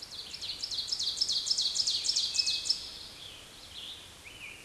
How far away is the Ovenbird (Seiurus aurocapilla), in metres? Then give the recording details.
about 15 m. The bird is about level with the microphone. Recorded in a Pennsylvania forest on 16 May 2024 at 06:32. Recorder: AudioMoth, point MSD-2287. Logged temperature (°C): 11.2 °C. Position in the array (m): 135 m, 6 m